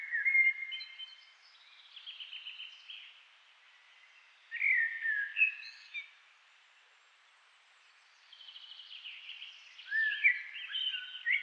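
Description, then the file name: Common blackbird song: several warbling phrases separated by quiet pauses. "Turdus merula"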